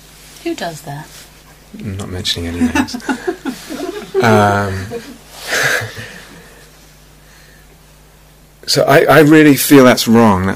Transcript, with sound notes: Who does that?
I'm not mentioning any names. [laughter] So I really feel that's wrong.